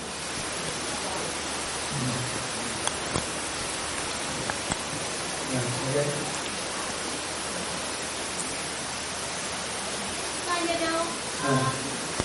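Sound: rain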